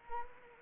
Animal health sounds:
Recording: mosquito wingbeat signal from an infrared sensor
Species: Anopheles arabiensis

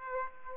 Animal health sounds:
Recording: mosquito wingbeat signal from an infrared sensor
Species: Aedes aegypti

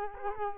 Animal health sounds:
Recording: mosquito wingbeat signal from an infrared sensor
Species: Culex quinquefasciatus

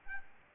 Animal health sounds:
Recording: mosquito wingbeat signal from an infrared sensor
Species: Aedes albopictus

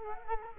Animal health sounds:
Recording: mosquito wingbeat signal from an infrared sensor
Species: Culex quinquefasciatus

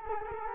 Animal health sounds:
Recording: mosquito wingbeat signal from an infrared sensor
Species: Culex quinquefasciatus

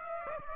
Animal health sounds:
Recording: mosquito wingbeat signal from an infrared sensor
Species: Aedes aegypti

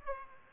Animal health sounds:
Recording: mosquito wingbeat signal from an infrared sensor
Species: Aedes aegypti

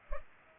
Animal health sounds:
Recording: mosquito wingbeat signal from an infrared sensor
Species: Culex pipiens

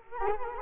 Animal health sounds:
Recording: mosquito wingbeat signal from an infrared sensor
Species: Culex quinquefasciatus

